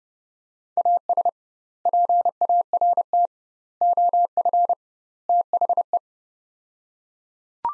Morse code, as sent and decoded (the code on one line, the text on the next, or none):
.- ... / .--. .- .-. - / --- ..-. / - .... .
AS PART OF THE